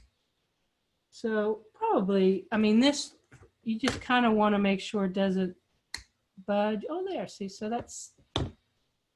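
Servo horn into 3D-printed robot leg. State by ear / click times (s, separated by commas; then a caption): seated / 8.4 s. A trimmed servo horn is pressed into the groove of a 3D-printed plastic robot leg while someone talks. A sharp click at 8.4 s marks the horn snapping into place, seated in the leg.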